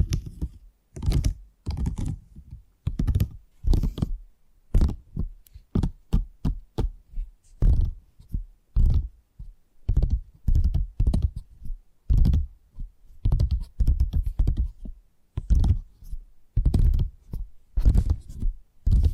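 Tapping triggers: quick, irregular taps with dull low thumps and crisp clicky tops, arriving in bursts throughout with short silent gaps between.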